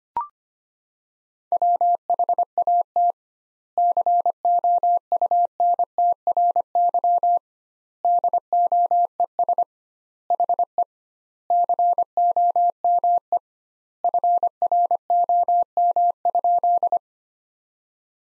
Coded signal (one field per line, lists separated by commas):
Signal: Morse code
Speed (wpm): 25 wpm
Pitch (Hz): 700 Hz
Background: none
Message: WHAT COUNTRY DOES HE COME FROM?